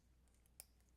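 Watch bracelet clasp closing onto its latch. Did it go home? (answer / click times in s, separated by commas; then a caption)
yes / 0.6 s. A milled metal deployant clasp on a wristwatch bracelet is folded closed over a quiet, low hum. One sharp, bright click at 0.6 s shows the clasp snapping shut and latching into place.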